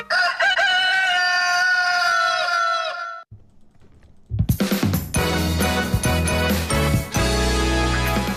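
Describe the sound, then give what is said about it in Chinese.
A rooster crows one long, loud, bright call that holds for about three seconds and bends at the end, on the live Beijing Sports Radio show Xiongji Changxiao (2018). After a short lull, loud full-band music with punchy beats begins. “好，北京时间8点01分，这里是正在直播当中的雄鸡唱晓”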